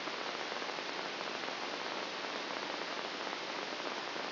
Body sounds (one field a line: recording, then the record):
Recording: brain microelectrode recording played as sound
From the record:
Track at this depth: inside the subthalamic nucleus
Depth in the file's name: 1.427 mm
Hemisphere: left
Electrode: 2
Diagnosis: Parkinson's disease